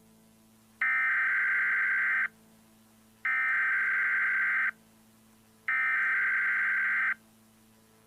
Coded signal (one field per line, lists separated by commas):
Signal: Emergency Alert System (SAME) tones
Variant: header bursts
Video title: EAS Short - CANNOT KILL CLOWN: Remastered